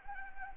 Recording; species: mosquito wingbeat signal from an infrared sensor; Anopheles arabiensis